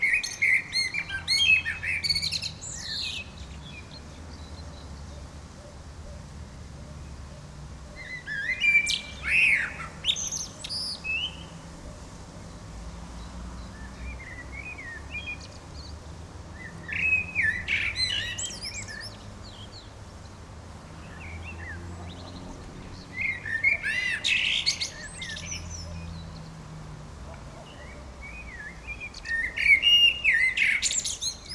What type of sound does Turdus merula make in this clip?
song